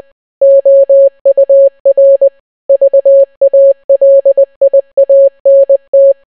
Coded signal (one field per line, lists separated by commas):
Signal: Morse code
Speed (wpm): 20 wpm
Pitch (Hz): 550 Hz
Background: none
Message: OUR VALIANT